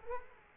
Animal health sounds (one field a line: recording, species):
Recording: mosquito wingbeat signal from an infrared sensor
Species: Culex quinquefasciatus